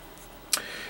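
A plastic build-a-figure part for the Mattel DC Multiverse Lobo wave is pressed into a socketed section of the figure's torso, producing a single sharp click at 0.5 s against quiet background noise. The part seats and snaps into place well, unlike the previous part's disappointing snap.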